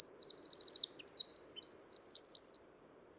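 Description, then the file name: Eurasian wren song: a fast, loud run of very high trilled notes, brief twittering, then looping warbled phrases ending abruptly. "Troglodytes troglodytes"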